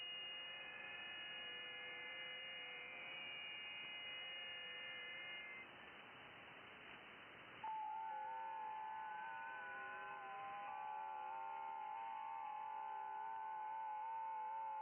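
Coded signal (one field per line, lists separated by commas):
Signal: FT8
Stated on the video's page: FT8 on 10 m (28 MHz), DX to Europe, with heavy band activity.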